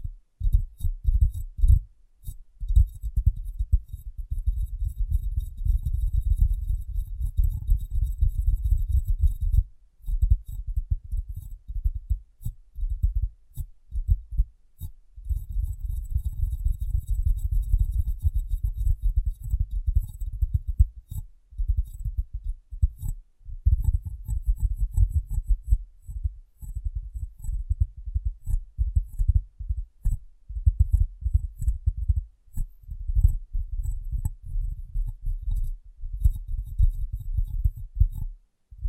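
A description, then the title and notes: Glass brain tapping and cleaning, heard as dense, muffled low thumps and rubbing that run almost continuously, broken by brief silent gaps near 2, 10, 15 and 23 seconds. Faint thin glassy ticks and a soft hiss sit high above the dull pounding. ASMR Glass Brain Tapping & Cleaning (No Talking).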